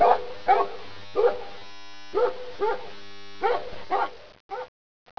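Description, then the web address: Dog barking: short, mid-pitched barks, given singly and in pairs, with pauses of about a second between groups. "BBCMM 003. DOGBARK 4"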